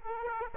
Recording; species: mosquito wingbeat signal from an infrared sensor; Aedes aegypti